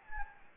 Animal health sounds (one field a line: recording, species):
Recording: mosquito wingbeat signal from an infrared sensor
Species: Anopheles gambiae